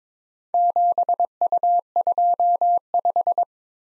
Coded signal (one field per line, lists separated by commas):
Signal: Morse code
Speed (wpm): 22 wpm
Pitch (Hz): 700 Hz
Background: none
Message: 7U25